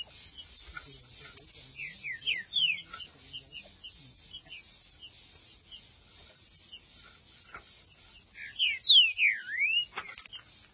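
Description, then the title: Green-winged saltator song: soft scattered chirps and whistles for several seconds, then a loud phrase of sharply descending whistled notes near the end. "Trinca Ferro"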